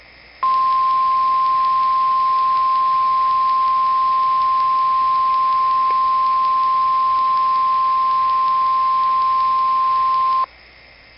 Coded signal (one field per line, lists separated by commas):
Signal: Emergency Alert System (SAME) tones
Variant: 1050 Hz attention tone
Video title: NOAA WEATHER RADIO KXI 41 (Crystal Lake IL) EAS TEST